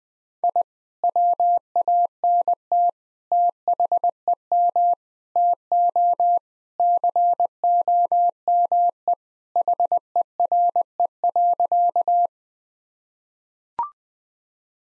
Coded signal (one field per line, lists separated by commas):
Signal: Morse code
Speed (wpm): 21 wpm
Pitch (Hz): 700 Hz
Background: none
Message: I WANT THEM TO COME HERE.